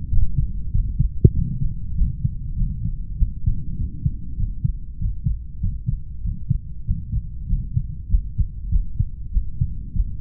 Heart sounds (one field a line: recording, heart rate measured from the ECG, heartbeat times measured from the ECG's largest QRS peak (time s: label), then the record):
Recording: heart sounds by stethoscope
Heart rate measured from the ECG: 98 bpm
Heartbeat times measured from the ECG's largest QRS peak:
0.09 s: heartbeat
0.71 s: heartbeat
1.33 s: heartbeat
1.94 s: heartbeat
2.55 s: heartbeat
3.16 s: heartbeat
3.76 s: heartbeat
4.36 s: heartbeat
4.98 s: heartbeat
5.59 s: heartbeat
6.22 s: heartbeat
6.84 s: heartbeat
7.46 s: heartbeat
8.07 s: heartbeat
8.68 s: heartbeat
9.30 s: heartbeat
9.92 s: heartbeat
From the record:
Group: heart failure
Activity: rest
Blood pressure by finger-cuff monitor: 95/51 mmHg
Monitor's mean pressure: 60 mmHg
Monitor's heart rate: 98 bpm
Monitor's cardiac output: 9.1 L/min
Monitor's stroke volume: 93 mL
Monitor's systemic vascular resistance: 460 dyn s/cm5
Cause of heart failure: idiopathic cardiomyopathy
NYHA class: 2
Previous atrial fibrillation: present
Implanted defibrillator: present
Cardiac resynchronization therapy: present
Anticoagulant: warfarin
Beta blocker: metoprolol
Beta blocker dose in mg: 50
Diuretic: furosemide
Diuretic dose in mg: 40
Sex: male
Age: 62 years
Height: 184 cm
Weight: 101 kg